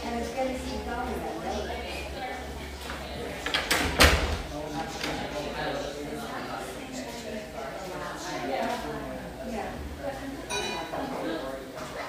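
A humming café, with overlapping voices chattering steadily throughout and a low hum underneath. Around the four-second mark a sharp clatter cuts through, like a door or drawer, and a brief clink comes near ten seconds.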